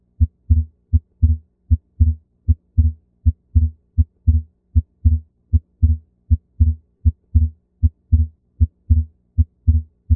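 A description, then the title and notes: Heart sounds beat steadily at about eighty per minute, each cycle a short low thud followed by a slightly doubled second sound, quiet otherwise. Split S2 Heart Sound. A physiologic split S2 occurs when the A2 sound precedes P2 by a great enough distance to allow both sounds to be heard separately.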